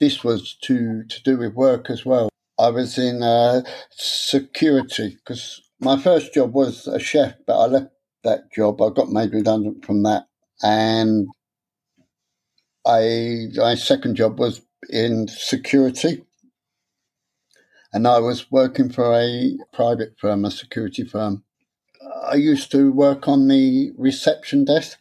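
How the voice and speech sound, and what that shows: An adult man who has stammered since he was a young boy talks about his jobs in mostly fluent stretches, broken by drawn-out sounds on short words such as "and", "I", "in" and "for", and by silent gaps of up to nearly two seconds mid-sentence. These prolongations and blocks are typical of stuttering.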